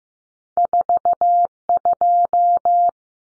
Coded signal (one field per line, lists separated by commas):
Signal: Morse code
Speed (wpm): 15 wpm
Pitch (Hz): 700 Hz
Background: none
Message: 42